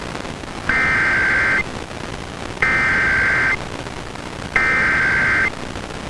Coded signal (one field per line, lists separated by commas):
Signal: Emergency Alert System (SAME) tones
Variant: header bursts